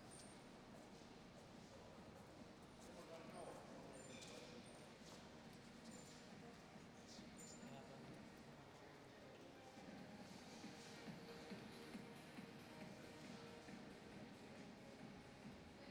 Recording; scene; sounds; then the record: everyday scene through a hearing-aid microphone; reverberant space; background noise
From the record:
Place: railway station hall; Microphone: in the ear canal, right